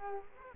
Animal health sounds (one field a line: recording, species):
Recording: mosquito wingbeat signal from an infrared sensor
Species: Culex quinquefasciatus